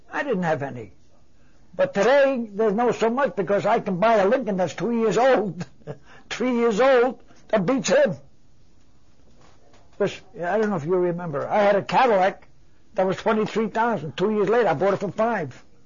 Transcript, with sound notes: I didn't have any. But today there's no so much because I can buy a Lincoln that's two years old, (he laughs) three years old, that beats him. I don't know if you remember, I had a Cadillac that was twenty-three thousand, two years later, I bought it for five.